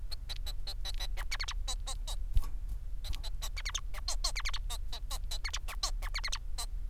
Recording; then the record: song of a male Bengalese finch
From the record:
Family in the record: son of father 4